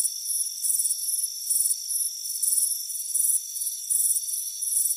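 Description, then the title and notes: Crickets chirping in high, pulsed bursts over a steady ringing insect hum. Chirping crickets on a warm afternoon by a front porch. "Soothing Crickets Chirping Sound. It's a warm afternoon as you relax in a hammock on the front porch. Relax and fall asleep to the soothing sound of chirping crickets. Deep Sleep Sounds"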